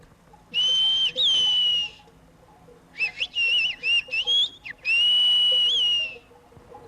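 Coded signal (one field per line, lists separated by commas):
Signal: whistled language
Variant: whistled Béarnais of Aas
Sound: clear gliding whistled phrases with rising and falling pitch, several separate bursts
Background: faint background noise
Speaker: Ces deux hommes sont les plus jeunes du village qui soient encore capables de le pratiquer.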